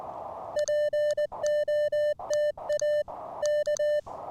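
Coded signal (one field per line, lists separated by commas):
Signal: Morse code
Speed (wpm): 19 wpm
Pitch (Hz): 600 Hz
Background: music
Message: POTA K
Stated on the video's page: POTA CW activation with an Elecraft K1 keyed by a prototype paddle, using an end-fed half-wave antenna with 40 m wire add-on.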